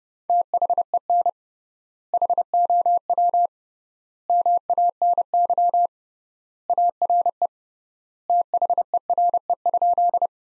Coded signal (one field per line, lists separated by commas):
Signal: Morse code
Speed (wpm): 29 wpm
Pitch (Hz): 700 Hz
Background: none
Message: THEN HOW MANY ARE THERE?